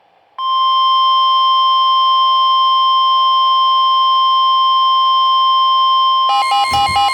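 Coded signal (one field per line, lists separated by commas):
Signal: Emergency Alert System (SAME) tones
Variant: 1050 Hz attention tone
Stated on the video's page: EAS alerts during a severe weather wave, with possible tornadoes and a possible watch.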